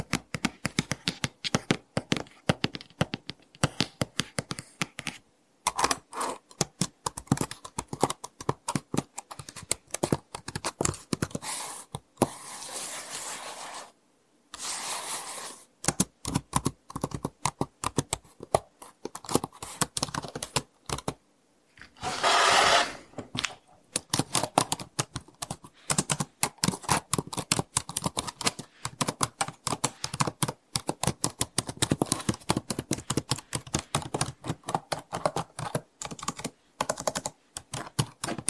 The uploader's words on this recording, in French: ASMR - Je te relaxe avec mon téléphone, mon ordinateur et mon clavier mécanique !